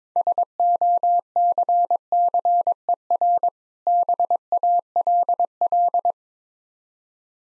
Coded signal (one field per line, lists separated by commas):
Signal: Morse code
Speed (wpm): 22 wpm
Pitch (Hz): 700 Hz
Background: none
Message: SOCCER BALL